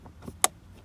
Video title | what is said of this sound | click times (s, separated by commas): 2019 2020 honda accord sport 1.5t cabin filter replace | see it's a click right there and same thing on this side that | 0.4 s